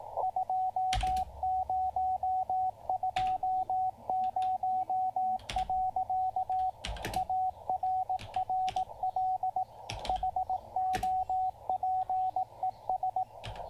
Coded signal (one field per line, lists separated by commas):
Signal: Morse code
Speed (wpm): 18 wpm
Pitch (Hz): 750 Hz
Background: radio noise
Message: 2020. ARRL HOPES